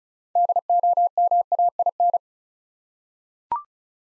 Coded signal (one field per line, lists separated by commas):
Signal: Morse code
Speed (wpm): 36 wpm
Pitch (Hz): 700 Hz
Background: none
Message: DOMAIN